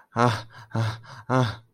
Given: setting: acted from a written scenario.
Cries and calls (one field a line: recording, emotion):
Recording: vocal sound without words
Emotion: distress